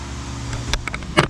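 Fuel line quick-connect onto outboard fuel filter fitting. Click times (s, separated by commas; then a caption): 0.7 s. During a 100-hour service on a Yamaha F200 HP outboard, after the fuel/water separator filter is replaced, the fuel line quick-connect is pushed onto the filter fitting until it clicks. A sharp click sounds at 0.7 s over a low steady rumble, followed by smaller clicks near 0.9 s and 1.0 s and a louder broadband burst around 1.2 s. The connector is seated on the filter.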